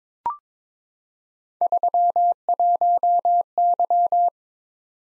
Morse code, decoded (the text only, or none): 31Y